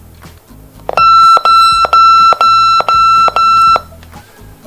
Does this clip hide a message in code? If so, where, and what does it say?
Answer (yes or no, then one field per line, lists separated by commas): no